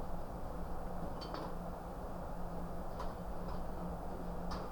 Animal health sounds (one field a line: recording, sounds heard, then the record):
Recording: poultry house recording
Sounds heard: no chicken sound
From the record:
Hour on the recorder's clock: 22